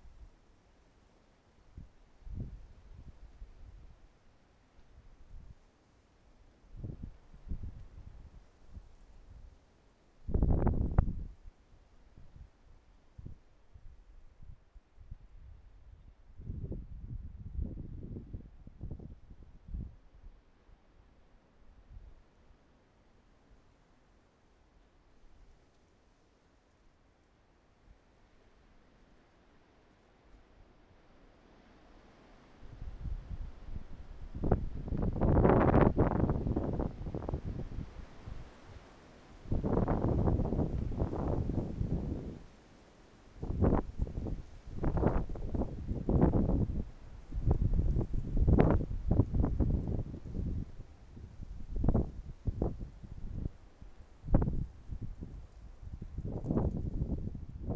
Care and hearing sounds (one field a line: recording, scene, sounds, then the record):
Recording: everyday scene through a hearing-aid microphone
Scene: wind on the microphone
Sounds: wind, traffic, birds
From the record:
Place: suburban garden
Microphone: behind the ear, right, front